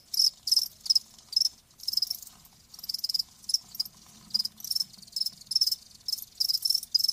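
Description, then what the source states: Cricket chirps in distinct, spaced high bursts, some short and sharp, others longer. Live crickets chirping.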